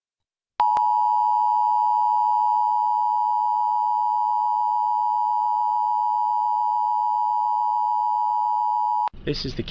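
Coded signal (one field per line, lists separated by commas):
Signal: Emergency Alert System (SAME) tones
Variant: 853 and 960 Hz attention tone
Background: speech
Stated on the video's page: Seattle-area Required Monthly Test relayed by a Seattle TV station, captured from the Spectrum TV app stream.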